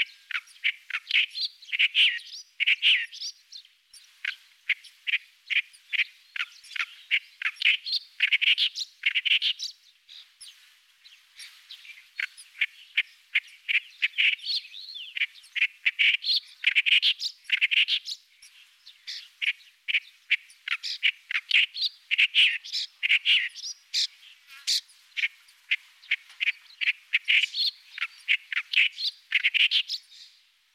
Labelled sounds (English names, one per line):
Clamorous Reed Warbler song